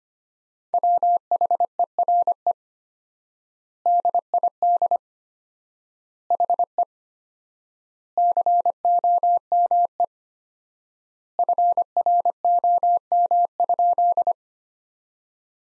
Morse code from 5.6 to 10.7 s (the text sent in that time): HE COME